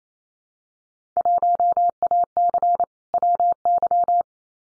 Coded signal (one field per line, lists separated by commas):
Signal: Morse code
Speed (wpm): 28 wpm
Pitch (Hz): 700 Hz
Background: none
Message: 1AC WY